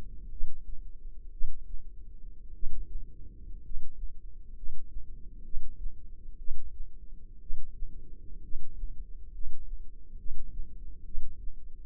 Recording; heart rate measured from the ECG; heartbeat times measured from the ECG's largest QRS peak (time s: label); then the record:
heart sounds by microphone in the left ear; 61 bpm
0.30 s: heartbeat
1.31 s: heartbeat
2.53 s: heartbeat
3.62 s: heartbeat
4.54 s: heartbeat
5.43 s: heartbeat
6.37 s: heartbeat
7.40 s: heartbeat
8.42 s: heartbeat
9.32 s: heartbeat
10.17 s: heartbeat
11.04 s: heartbeat
From the record:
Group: healthy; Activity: rest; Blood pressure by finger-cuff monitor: 143/63 mmHg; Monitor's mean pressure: 84 mmHg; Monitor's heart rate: 64 bpm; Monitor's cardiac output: 6.7 L/min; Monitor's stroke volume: 104 mL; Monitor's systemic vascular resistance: 930 dyn s/cm5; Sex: male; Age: 25 years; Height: 170 cm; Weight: 70.4 kg